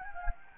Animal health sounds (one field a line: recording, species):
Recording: mosquito wingbeat signal from an infrared sensor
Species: Anopheles gambiae